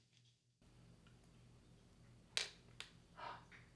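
The CPU socket load lever is pressed down and latched onto the retention bracket, and the plastic protective socket cover pops loose, less dramatically than expected. Two sharp clicks are heard at 2.4 s and 2.8 s, followed by a brief softer rustle. No one talks.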